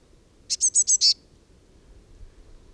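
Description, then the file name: Eurasian blue tit: five quick, high notes in a tight burst, followed by quiet with faint low noise. "Cyanistes caeruleus"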